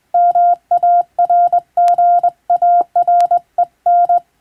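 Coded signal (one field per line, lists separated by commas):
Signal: Morse code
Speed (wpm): 21 wpm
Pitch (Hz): 700 Hz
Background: none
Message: MARGAREN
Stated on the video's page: Hand-keyed Morse practice from a marine radiotelegraph operator, sending telegram texts as receiving training.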